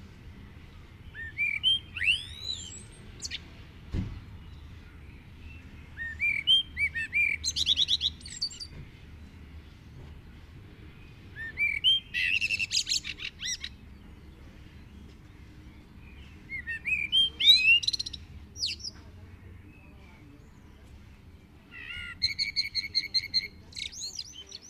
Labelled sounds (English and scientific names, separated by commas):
Common Blackbird (Turdus merula) song